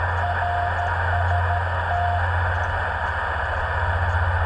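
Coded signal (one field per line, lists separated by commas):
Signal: Morse code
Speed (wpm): 13 wpm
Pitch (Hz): 700 Hz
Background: none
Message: RST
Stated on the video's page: Morse contact at night using a Yaesu 891 and an end-fed antenna thrown into a tree, set up for NVIS propagation.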